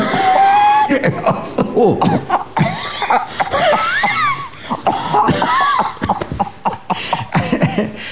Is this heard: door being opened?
no